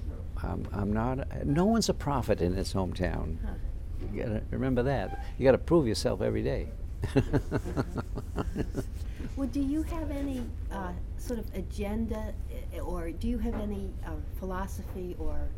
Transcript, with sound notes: I'm not, no one's a prophet in his home town. Remember that. You've got to prove yourself every day. ( he laughs )
Well, do you have any, uh, sort of agenda, or do you have any philosophy or